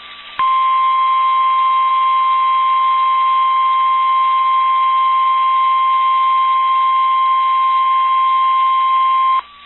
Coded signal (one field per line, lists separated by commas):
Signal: Emergency Alert System (SAME) tones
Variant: 1050 Hz attention tone